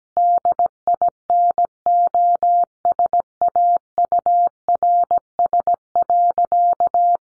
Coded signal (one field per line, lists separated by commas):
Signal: Morse code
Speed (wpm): 17 wpm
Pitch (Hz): 700 Hz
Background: none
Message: DINOSAURS.